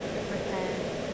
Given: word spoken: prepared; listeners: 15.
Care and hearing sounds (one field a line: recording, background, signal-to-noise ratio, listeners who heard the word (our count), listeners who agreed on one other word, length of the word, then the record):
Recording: one English word in noise, from a listening test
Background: speech-shaped noise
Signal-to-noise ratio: -6.5 dB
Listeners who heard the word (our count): 0 of 15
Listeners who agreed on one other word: 12 of 15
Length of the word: 0.74 s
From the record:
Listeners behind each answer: 12, 2, 1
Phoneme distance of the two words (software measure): 7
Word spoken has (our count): 2 syllables, 6 phonemes, stress on syllable 2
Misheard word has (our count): 2 syllables, 5 phonemes, stress on syllable 2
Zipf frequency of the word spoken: 4.82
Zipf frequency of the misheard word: 4.48